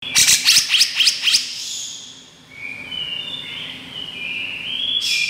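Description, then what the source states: Grey-cheeked bulbul calling with about six quick, harsh, bright notes, followed by thin, wavering whistles and a final sharp burst. Female bird.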